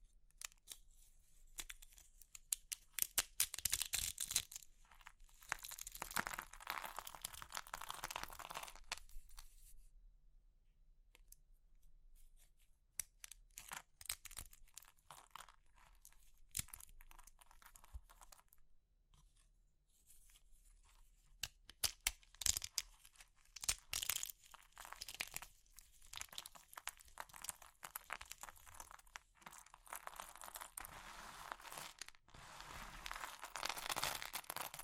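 Crushing of brittle materials like soap, chalk or meringue, heard as dense bursts of bright crackling and crumbling. Activity is heavy from the start to about 9 seconds, drops to sparse ticks until about 21 seconds, then returns in thick, irregular crunching through the end.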